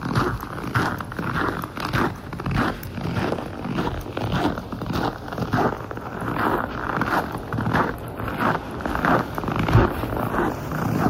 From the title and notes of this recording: Walking on freshly fallen snow. The sound of the snow crunching beneath your feet. The peaceful stillness of a snowy forest.